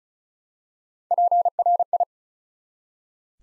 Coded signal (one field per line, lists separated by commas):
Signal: Morse code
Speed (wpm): 35 wpm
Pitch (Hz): 700 Hz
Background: none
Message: PRI